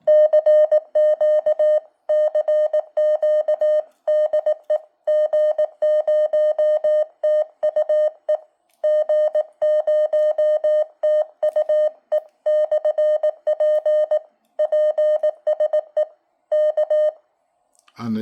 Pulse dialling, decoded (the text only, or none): none